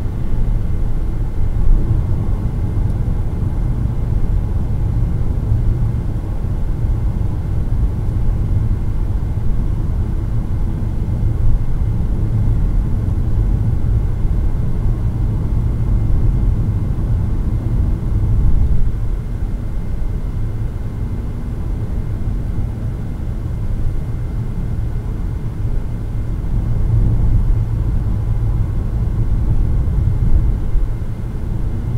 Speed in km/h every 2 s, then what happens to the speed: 106, 106, 104, 102, 100, 97, 97, 97, 96, 97, 97, 97, 97, 98, 99, 100.
0-16 slows to 96. 16-32 steady at about 97.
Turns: none.